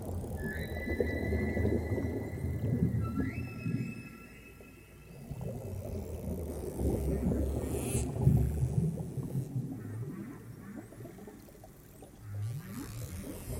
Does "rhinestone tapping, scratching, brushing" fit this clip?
no